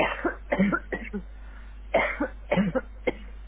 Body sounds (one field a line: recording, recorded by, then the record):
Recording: voluntary cough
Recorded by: telephone call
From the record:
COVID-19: positive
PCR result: checked with the laboratory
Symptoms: no